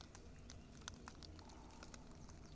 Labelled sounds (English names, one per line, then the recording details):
Great Spotted Woodpecker
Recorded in Germany
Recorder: ecoPi